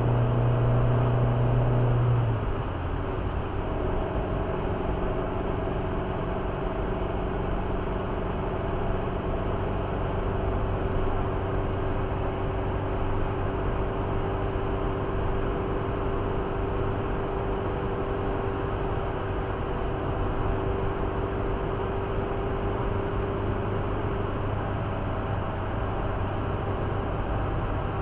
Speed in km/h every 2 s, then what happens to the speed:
92, 87, 87, 88, 88, 90, 90, 92, 92, 93, 92, 94, 94, 93.
0-28 steady at about 92.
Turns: none.